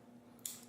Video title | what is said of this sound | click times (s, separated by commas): The Move Pen - Tiny EDC Pen | pull it down it'll pop into place and then push it down with the tip of my thumb and I'll pop back so | 0.5 s